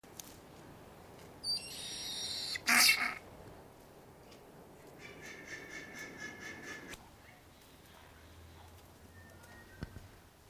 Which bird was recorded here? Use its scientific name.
Syrigma sibilatrix